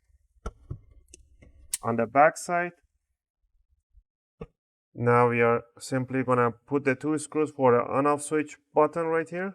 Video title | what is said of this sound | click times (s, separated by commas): 👉 Dell Inspiron 1521 PP22l Repaste - Service - Celaning | Make sure you pinch it nicely. You hear those clicks | 0.5 s, 1.1 s